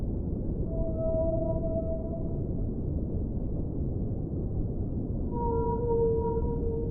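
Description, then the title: Whale moans, long smooth tones held for a second or two, one higher and one lower, over a steady low underwater rumble. Underwater recording. "Whale Sounds Underwater for Relaxation"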